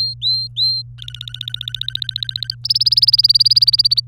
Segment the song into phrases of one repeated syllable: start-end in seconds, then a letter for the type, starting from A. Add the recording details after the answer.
0.00-0.82 A, 0.98-2.55 B, 2.64-4.00 C. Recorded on 24 April 2018 at 11:28. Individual llb3